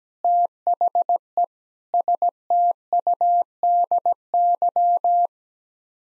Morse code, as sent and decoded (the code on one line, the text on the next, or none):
- .... . / ... - ..- -.. -.--
THE STUDY